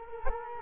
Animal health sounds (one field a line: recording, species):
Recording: mosquito wingbeat signal from an infrared sensor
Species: Culex quinquefasciatus